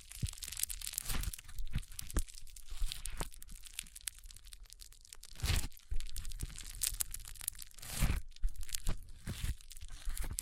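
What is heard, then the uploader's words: Foam being squeezed and rubbed in a brain massage, making dense crinkling, crackling and crunching sounds with many sharp ticks. The texture is constant and busy, with louder crushing swells around five and a half and eight seconds. ASMR Powerful Foam Brain Massage.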